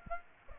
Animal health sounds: mosquito wingbeat signal from an infrared sensor; Aedes aegypti

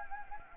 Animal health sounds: mosquito wingbeat signal from an infrared sensor; Anopheles gambiae

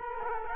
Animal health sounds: mosquito wingbeat signal from an infrared sensor; Culex quinquefasciatus

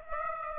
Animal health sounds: mosquito wingbeat signal from an infrared sensor; Aedes aegypti

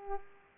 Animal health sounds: mosquito wingbeat signal from an infrared sensor; Culex pipiens

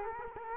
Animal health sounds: mosquito wingbeat signal from an infrared sensor; Culex quinquefasciatus

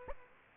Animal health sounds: mosquito wingbeat signal from an infrared sensor; Aedes aegypti

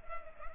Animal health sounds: mosquito wingbeat signal from an infrared sensor; Culex pipiens

